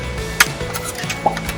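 The frame clip on the other side of a small folding aluminium side table is snapped into its mating catch, seating with a sharp metallic hit at 0.4 s. Two softer ticks follow at about 1.3 and 1.4 s, with music playing underneath throughout.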